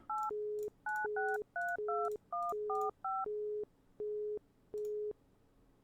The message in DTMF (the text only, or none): 8 9632145